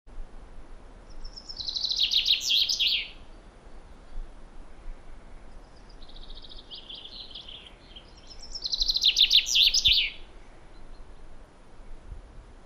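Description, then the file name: Common chaffinch song: a descending cascade of rapid notes, heard twice, with a softer phrase between the two. "Fringilla coelebs"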